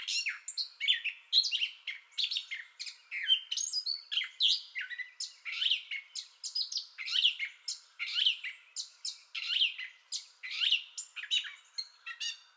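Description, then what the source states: Gray catbird singing a long, rambling string of varied chirps, squeaks and slurred whistles, phrases following one another rapidly. Entire song bout, recorded 30 May 2021.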